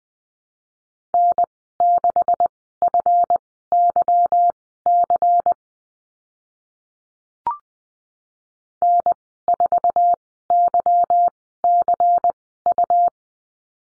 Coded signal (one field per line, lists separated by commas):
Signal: Morse code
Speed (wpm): 20 wpm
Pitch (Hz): 700 Hz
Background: none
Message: N6FYC N4YCU